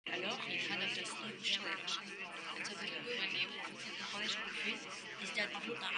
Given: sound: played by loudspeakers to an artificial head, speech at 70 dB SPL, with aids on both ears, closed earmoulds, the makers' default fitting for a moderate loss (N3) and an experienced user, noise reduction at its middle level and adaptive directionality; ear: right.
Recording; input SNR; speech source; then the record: speech test signal (ISTS) in cocktail-party noise; -6 dB; in front (0 degrees)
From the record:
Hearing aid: class 2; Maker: F